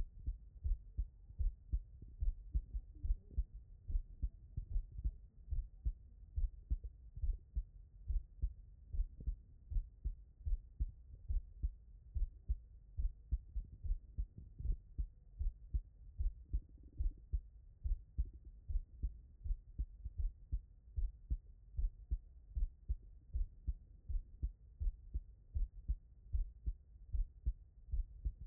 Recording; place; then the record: heart sounds by stethoscope; tricuspid valve (TV)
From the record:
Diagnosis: non-HFrEF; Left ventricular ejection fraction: 69%